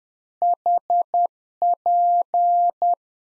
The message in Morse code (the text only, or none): HP